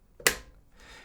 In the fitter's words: and make sure it clicks into place so you'll actually hear the click